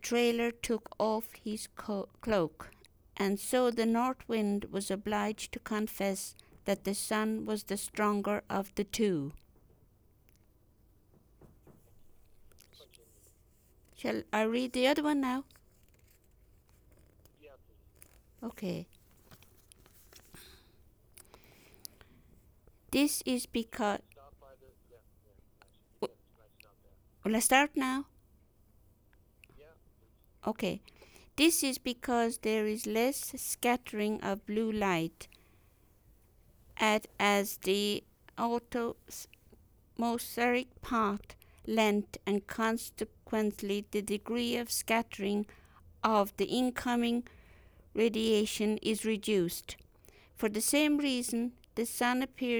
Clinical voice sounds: text read into a phone; English; 1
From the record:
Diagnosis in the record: healthy control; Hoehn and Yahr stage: 0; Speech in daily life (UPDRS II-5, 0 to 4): 1

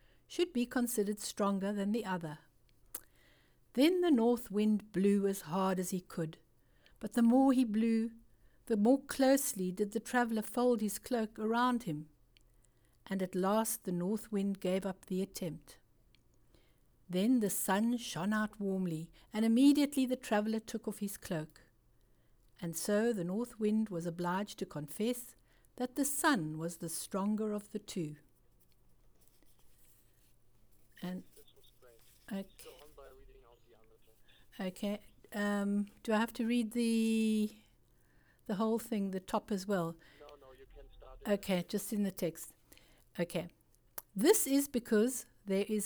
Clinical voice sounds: text read into a phone; English; 0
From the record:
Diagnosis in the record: Parkinson's disease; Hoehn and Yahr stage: 2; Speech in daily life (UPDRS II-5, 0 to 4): 0

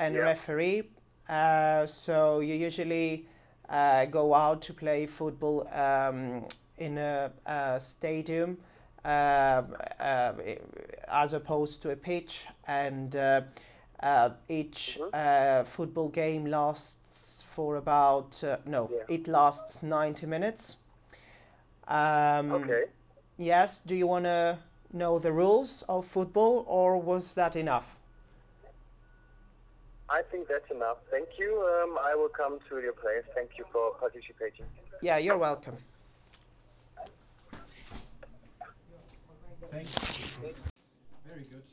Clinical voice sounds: conversation on a phone call; English; 0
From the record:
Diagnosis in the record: healthy control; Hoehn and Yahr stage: 0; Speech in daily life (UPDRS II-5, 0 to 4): 0

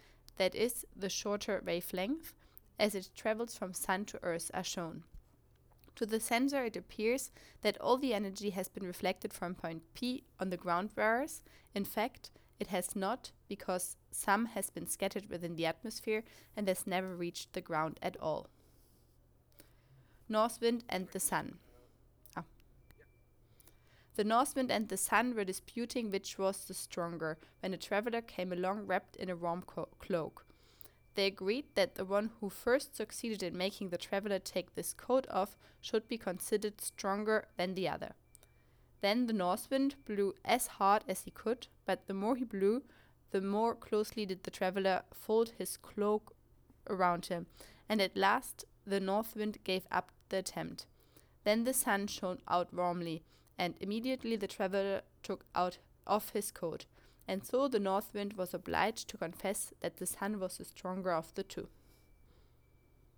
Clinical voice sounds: text read into a phone; English; 0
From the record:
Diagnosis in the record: healthy control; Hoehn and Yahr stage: 0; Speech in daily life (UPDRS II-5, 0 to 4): 0

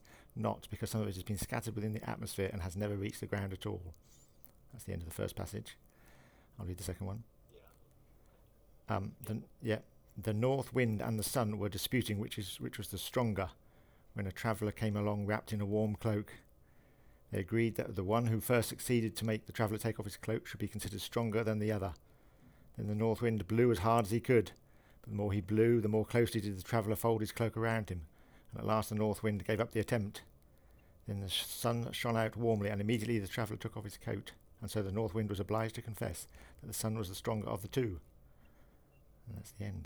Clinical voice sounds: text read into a phone; English; 1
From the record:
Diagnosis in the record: Parkinson's disease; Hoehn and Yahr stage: 2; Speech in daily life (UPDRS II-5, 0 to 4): 0

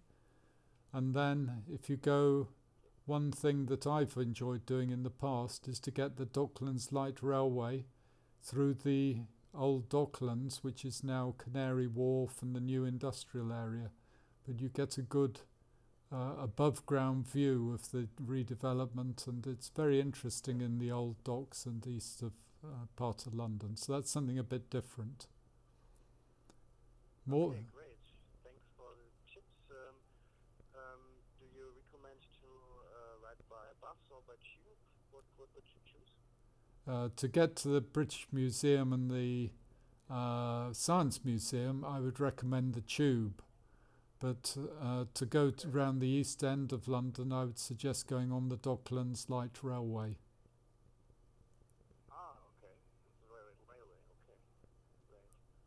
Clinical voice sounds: conversation on a phone call; English; 0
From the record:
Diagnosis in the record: Parkinson's disease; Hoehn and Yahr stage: 2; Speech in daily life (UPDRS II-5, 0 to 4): 0

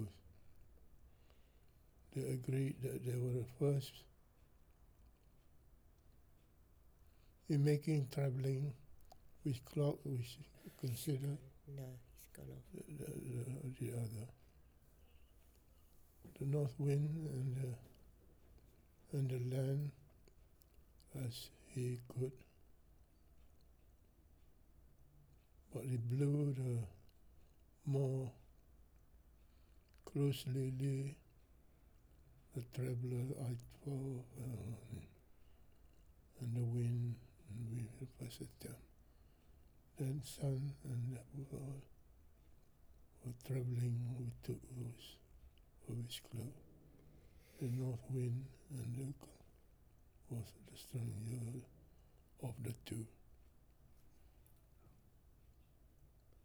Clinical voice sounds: text read into a phone; English; 3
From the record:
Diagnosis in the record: Parkinson's disease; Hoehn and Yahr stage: 4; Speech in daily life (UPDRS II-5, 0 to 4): 3

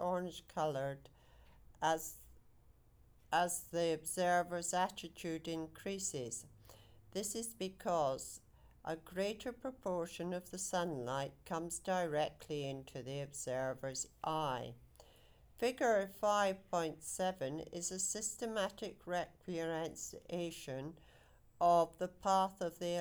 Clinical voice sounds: text read into a phone; English; 0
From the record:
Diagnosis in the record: healthy control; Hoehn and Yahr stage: 0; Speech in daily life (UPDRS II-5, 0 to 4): 0

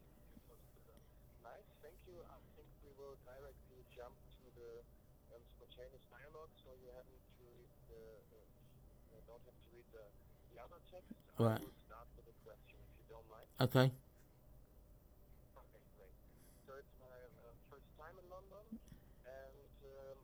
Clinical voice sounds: conversation on a phone call; English; 2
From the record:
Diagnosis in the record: Parkinson's disease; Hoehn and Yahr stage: 3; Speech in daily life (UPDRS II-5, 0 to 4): 1

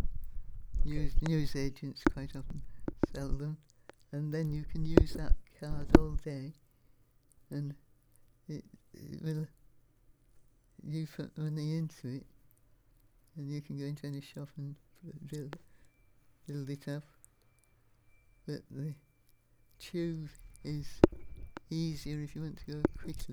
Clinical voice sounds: conversation on a phone call; English; 2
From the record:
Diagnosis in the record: Parkinson's disease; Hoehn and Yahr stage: 3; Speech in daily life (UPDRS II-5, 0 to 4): 2

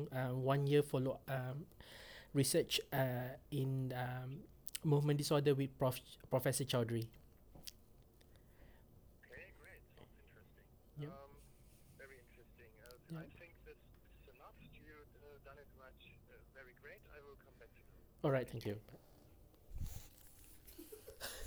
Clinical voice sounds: conversation on a phone call; English; 0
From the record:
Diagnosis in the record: healthy control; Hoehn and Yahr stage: 0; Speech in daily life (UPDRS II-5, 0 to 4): 0

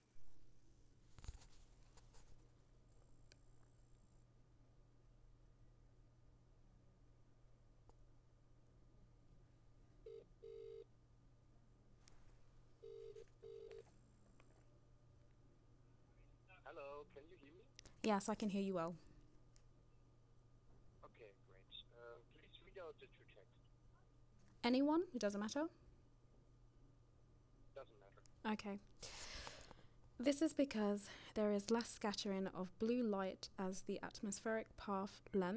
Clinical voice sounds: text read into a phone; English; 0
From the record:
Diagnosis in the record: healthy control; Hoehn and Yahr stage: 0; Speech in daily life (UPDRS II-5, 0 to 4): 0

